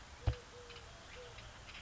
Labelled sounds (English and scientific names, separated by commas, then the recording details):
Eurasian Collared Dove (Streptopelia decaocto)
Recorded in Sonoma County, California